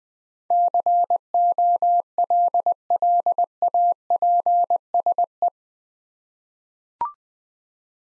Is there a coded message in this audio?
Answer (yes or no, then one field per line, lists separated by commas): yes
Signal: Morse code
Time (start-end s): 0.5-5.5 s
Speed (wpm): 20 wpm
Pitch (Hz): 700 Hz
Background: none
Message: COLLAPSE